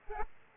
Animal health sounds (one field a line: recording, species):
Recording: mosquito wingbeat signal from an infrared sensor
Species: Aedes aegypti